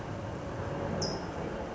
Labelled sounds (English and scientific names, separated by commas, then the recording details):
California Towhee (Melozone crissalis)
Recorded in Sonoma County, California